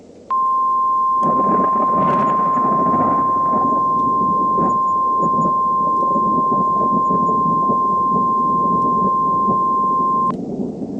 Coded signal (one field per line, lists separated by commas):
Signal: Emergency Alert System (SAME) tones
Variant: 1050 Hz attention tone